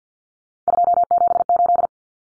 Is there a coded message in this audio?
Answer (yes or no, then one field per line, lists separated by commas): yes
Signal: Morse code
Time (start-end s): 0.7-1.9 s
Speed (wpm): 50 wpm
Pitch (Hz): 700 Hz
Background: none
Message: 278